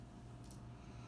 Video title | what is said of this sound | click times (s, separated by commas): Top 10 Compliment Magnet Fragrances - Best Cologne | Clicks into place. | 0.5 s